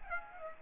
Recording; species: mosquito wingbeat signal from an infrared sensor; Aedes aegypti